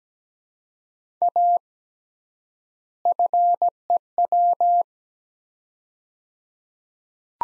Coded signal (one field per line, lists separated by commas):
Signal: Morse code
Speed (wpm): 17 wpm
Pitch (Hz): 700 Hz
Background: none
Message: A FEW